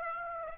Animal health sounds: mosquito wingbeat signal from an infrared sensor; Aedes aegypti

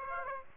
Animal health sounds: mosquito wingbeat signal from an infrared sensor; Aedes aegypti

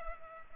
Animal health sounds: mosquito wingbeat signal from an infrared sensor; Culex pipiens

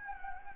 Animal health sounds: mosquito wingbeat signal from an infrared sensor; Anopheles gambiae

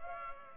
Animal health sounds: mosquito wingbeat signal from an infrared sensor; Culex pipiens

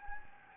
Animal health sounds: mosquito wingbeat signal from an infrared sensor; Anopheles gambiae

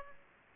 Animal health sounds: mosquito wingbeat signal from an infrared sensor; Aedes aegypti

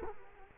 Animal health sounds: mosquito wingbeat signal from an infrared sensor; Culex quinquefasciatus

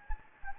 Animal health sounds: mosquito wingbeat signal from an infrared sensor; Anopheles gambiae

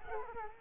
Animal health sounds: mosquito wingbeat signal from an infrared sensor; Culex quinquefasciatus

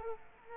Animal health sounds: mosquito wingbeat signal from an infrared sensor; Culex quinquefasciatus

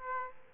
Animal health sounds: mosquito wingbeat signal from an infrared sensor; Aedes aegypti

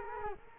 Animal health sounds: mosquito wingbeat signal from an infrared sensor; Culex quinquefasciatus

